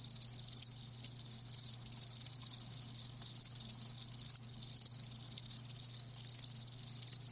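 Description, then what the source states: Crickets trilling continuously in a high, shimmering pulsed chorus over a steady low hum. Live crickets chirping, a lulling song.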